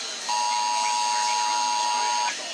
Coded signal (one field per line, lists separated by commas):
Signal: Emergency Alert System (SAME) tones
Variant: 853 and 960 Hz attention tone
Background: speech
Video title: 2023 National Test FM & WEA captures (EAS #1461 - 1474)